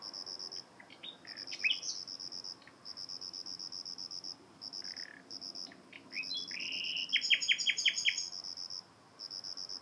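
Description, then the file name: Common nightingale song phrases: scattered chirps and slurred notes, then a loud, fast series of repeated notes, over a steady pulsing cricket chirp. "Luscinia megarhynchos"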